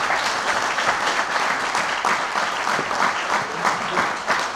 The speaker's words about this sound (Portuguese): Ou seja, nós existimos para ir ao vosso encontro e fazermos estes grandes eventos com grandes oradores, a quem eu peço uma forte salva de palmas.